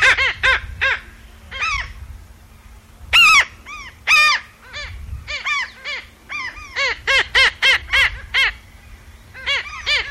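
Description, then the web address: Black skimmer calls: nasal yelping barks in scattered clusters with short pauses, then a faster run of closely spaced notes near the end; faint steady hum beneath. "cantos rayador"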